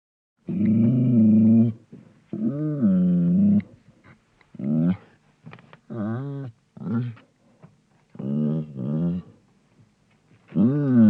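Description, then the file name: Bloodhound baying: long, mournful drawn-out bays mixed with shorter barks and a few growly notes, repeated about every second or two. "Digiffects Sound Effects Library - Bloodhound Dog Barks"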